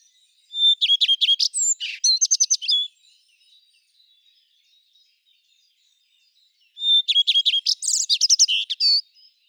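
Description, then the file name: Common redstart song: two short phrases, each opening on a clear high whistle and running into quick repeated metallic notes and a jumbled trill, with a quiet pause between them. "Phoenicurus phoenicurus. Trilar"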